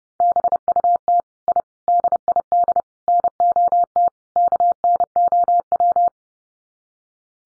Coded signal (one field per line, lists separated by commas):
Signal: Morse code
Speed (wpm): 30 wpm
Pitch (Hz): 700 Hz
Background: none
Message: BUT I DID NOT KNOW